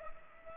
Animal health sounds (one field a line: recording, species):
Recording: mosquito wingbeat signal from an infrared sensor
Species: Culex pipiens